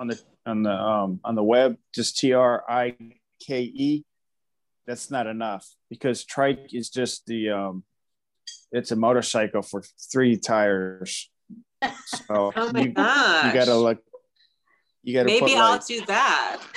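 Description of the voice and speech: An adult man who is a stroke survivor with aphasia speaks in short, somewhat fragmented bursts separated by long pauses, with restarts, an unfinished phrase and a word substitution ("motorcycle for three tires"), then trails off. This halting, fragmented speech fits aphasia after stroke.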